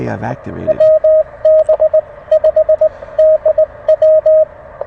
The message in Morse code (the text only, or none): WB5DW